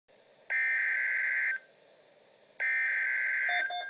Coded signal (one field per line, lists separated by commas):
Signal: Emergency Alert System (SAME) tones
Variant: header bursts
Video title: Severe Thunderstorm Watch #589 - EAS #277